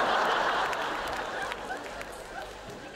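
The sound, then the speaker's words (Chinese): An audience claps their hands in a dense, steady burst of applause that holds at an even loudness for a few seconds, with faint crowd murmur mixed in. “我話你唔知道，你拍拍手唔會死頂啊！”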